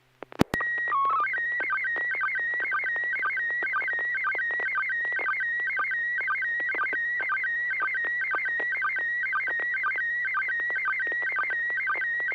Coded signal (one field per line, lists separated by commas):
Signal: SSTV (slow-scan television)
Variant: PD 120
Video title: N6NA SSTV Net - 08/27/2025